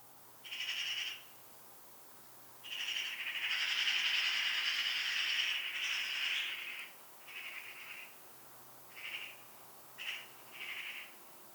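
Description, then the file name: Eurasian magpie chatter: harsh, rasping bursts, a short one, then one long continuous stretch, then several shorter scratchy notes at irregular intervals. "Pica pica"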